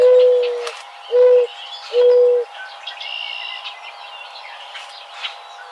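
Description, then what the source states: Mourning dove cooing: a long steady coo followed by two shorter level coos less than a second apart, with faint chirping of other birds behind. Recorded 2007-05-20.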